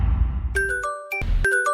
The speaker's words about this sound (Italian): Il segnale orario vi è offerto da Logica, spazio, tempo, Modul Block, l'evoluzione del magazzino.